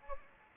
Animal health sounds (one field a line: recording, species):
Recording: mosquito wingbeat signal from an infrared sensor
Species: Anopheles gambiae